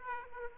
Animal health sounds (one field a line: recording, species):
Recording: mosquito wingbeat signal from an infrared sensor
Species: Aedes aegypti